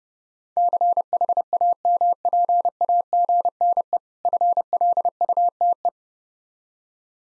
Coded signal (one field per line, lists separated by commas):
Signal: Morse code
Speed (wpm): 30 wpm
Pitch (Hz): 700 Hz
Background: none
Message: CHAMPAGNE FLUTE